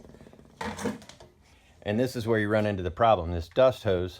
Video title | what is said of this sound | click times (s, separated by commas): DeWalt 735 Planer - Chip Ejector Impeller Repair - Full 30 minute video | I use a quick disconnect on my 4in dust hose so I'm going to go ahead and Pop That in place | 0.6 s